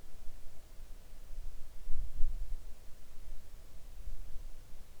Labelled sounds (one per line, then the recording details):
near silence
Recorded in the Arctic National Wildlife Refuge, Alaska, on 3 August 2019 at 05:03
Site 41